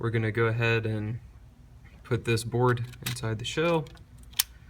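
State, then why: Seated. Someone talks as a PS4 controller circuit board is pressed down into an open, standard 2-button basic Beaver plastic game controller shell. After a couple of faint ticks, a sharp snap at 4.4 s marks the board seating into place in the shell.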